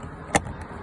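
A covered plastic trim piece on a Fiat door, part of a broken door handle repair, has its grooves matched up and is pressed into the door panel. A single sharp pop sounds at 0.4 s, followed by a faint tick, over a quiet background. The trim piece pops in and is seated.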